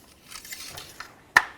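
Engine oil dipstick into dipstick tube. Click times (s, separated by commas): 1.4 s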